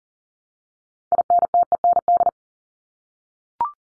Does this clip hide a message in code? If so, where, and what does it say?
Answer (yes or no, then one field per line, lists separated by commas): yes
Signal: Morse code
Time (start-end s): 1.1-2.3 s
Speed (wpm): 40 wpm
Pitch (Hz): 700 Hz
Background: none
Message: INTEND